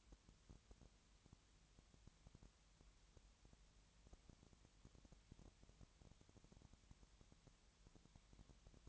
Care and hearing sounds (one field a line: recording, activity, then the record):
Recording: daily activity, microphone in the room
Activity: no activity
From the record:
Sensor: 3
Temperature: 20.6 degrees Celsius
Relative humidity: 34.7%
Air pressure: 1007.2 hPa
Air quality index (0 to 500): 137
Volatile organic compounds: 3 ppm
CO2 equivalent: 1530 ppm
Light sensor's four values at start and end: 2/3/2/2 and 2/3/2/2